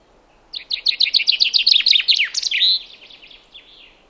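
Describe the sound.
Common chaffinch song: a rapid series of sharp descending notes, about a dozen, ending in a terminal flourish, followed by a few softer trailing notes.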